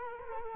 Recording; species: mosquito wingbeat signal from an infrared sensor; Culex quinquefasciatus